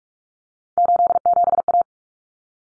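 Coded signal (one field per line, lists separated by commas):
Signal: Morse code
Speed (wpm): 44 wpm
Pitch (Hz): 700 Hz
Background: none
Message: 87A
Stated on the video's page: Morse head-copy drill of common three-digit cut numbers at 45 wpm, each sent in Morse, then spoken, then sent again.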